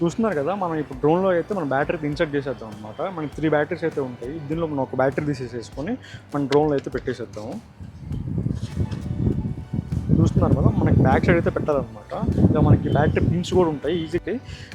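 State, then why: Not seated. Someone talks while taking one of three flight batteries and positioning it at the rear bay of a small DJI Neo drone, lining it up with the battery pins. A few soft handling sounds occur around 8.4 to 10.1 seconds under denser noise. Nothing has seated or clicked yet.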